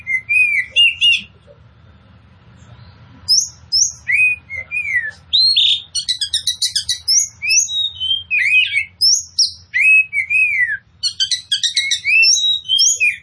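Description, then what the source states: Oriental magpie-robin song: loud varied whistles and rapid chattering trills, with a short pause near the start, then dense bursts of sweet and buzzy notes. Local name kacer poci; described as gacor, meaning singing vigorously and continuously.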